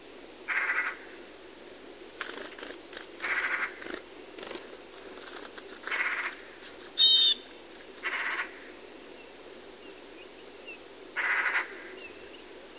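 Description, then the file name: Eurasian magpie giving loud, rasping calls in short bursts every few seconds; thin high whistled notes from another bird break in midway. "Pica pica"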